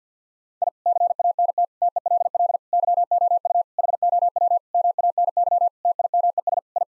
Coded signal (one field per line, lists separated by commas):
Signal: Morse code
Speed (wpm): 46 wpm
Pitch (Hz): 700 Hz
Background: none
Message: I CANT TELL YOU HOW MANY TIMES I